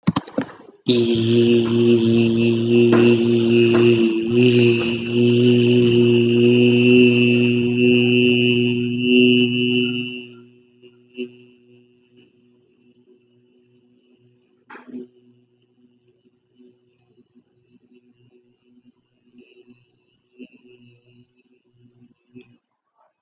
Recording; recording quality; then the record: sustained vowel as in beet; excellent, no background noise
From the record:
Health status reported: healthy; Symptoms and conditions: breathing difficulty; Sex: male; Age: 18 years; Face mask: not worn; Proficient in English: yes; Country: India